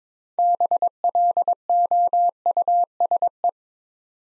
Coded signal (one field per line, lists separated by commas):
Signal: Morse code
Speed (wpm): 22 wpm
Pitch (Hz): 700 Hz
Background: none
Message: BLOUSE